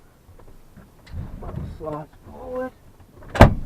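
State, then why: Seated. The rear bench seat in a VW T4 Syncro camper van is slid forward while someone talks, with soft shuffling and sliding sounds. The seat back then locks into its upright position with a sharp latch at 3.4 s, seated firmly into its locking mechanism.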